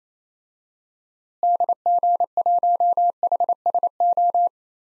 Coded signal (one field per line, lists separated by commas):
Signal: Morse code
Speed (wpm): 27 wpm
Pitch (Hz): 700 Hz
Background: none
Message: DG1HSO